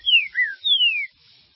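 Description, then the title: Green-winged saltator song: two clear whistled notes sliding downward, the second longer and falling steadily, in a quiet background. "Trinca Ferro"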